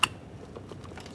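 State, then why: Seated. An electrical wiring connector is lined up and pressed into the window switch panel of a 2009-2014 Nissan Maxima, seating with a sharp, bright click at 0.0 s. A few faint small ticks follow near 0.9, 1.0 and 1.1 s over quiet background noise. The connector clicks in and is seated, then given a light tug.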